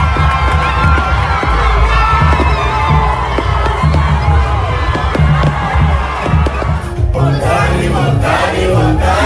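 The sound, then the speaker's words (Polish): A dense, roaring crowd of Curaçao football fans cheers and shouts continuously as the team qualifies for the World Cup, loud and sustained throughout, with sharp bursts and claps punctuating the wall of noise. “Ale już eksplozja emocji kibiców tej karaibskiej wyspy przypominała erupcję podwodnego wulkanu w okolicach wyspy.”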